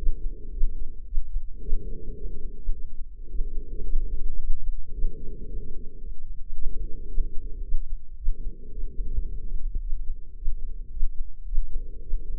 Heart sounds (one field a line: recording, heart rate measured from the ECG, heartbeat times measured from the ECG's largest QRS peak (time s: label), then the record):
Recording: heart sounds by microphone in the left ear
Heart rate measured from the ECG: 110 bpm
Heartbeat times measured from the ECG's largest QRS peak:
0.52 s: heartbeat
1.06 s: heartbeat
1.61 s: heartbeat
2.17 s: heartbeat
2.73 s: heartbeat
3.29 s: heartbeat
3.84 s: heartbeat
4.39 s: heartbeat
4.93 s: heartbeat
5.47 s: heartbeat
6.00 s: heartbeat
6.55 s: heartbeat
7.09 s: heartbeat
7.63 s: heartbeat
8.17 s: heartbeat
8.71 s: heartbeat
9.26 s: heartbeat
9.81 s: heartbeat
10.36 s: heartbeat
10.91 s: heartbeat
11.46 s: heartbeat
12.02 s: heartbeat
From the record:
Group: healthy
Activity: rest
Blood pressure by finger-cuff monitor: 143/80 mmHg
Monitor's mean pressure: 97 mmHg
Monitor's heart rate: 109 bpm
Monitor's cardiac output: 7.6 L/min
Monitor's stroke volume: 69 mL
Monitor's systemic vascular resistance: 940 dyn s/cm5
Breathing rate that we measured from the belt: 18 breaths a minute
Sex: female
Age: 43 years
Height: 160 cm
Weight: 90 kg